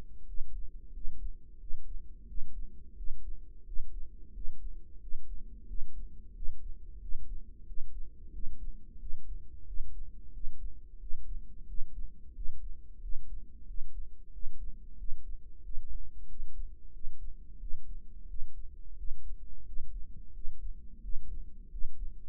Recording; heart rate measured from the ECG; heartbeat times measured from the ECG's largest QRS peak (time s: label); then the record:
heart sounds by microphone in the right ear; 90 bpm
0.28 s: heartbeat
0.95 s: heartbeat
1.60 s: heartbeat
2.28 s: heartbeat
2.97 s: heartbeat
3.67 s: heartbeat
4.35 s: heartbeat
5.01 s: heartbeat
5.68 s: heartbeat
6.35 s: heartbeat
7.02 s: heartbeat
7.67 s: heartbeat
8.34 s: heartbeat
9.00 s: heartbeat
9.67 s: heartbeat
10.34 s: heartbeat
11.01 s: heartbeat
11.68 s: heartbeat
12.36 s: heartbeat
13.03 s: heartbeat
13.68 s: heartbeat
14.33 s: heartbeat
14.99 s: heartbeat
15.64 s: heartbeat
16.29 s: heartbeat
16.94 s: heartbeat
17.61 s: heartbeat
18.29 s: heartbeat
18.98 s: heartbeat
19.67 s: heartbeat
20.35 s: heartbeat
21.03 s: heartbeat
21.72 s: heartbeat
From the record:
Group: healthy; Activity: rest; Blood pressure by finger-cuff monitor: 136/84 mmHg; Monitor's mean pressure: 102 mmHg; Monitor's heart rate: 90 bpm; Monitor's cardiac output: 7.3 L/min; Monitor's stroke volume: 82 mL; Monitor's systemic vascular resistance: 1020 dyn s/cm5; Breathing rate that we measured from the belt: 19 breaths a minute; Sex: male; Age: 21 years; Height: 175 cm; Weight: 72.6 kg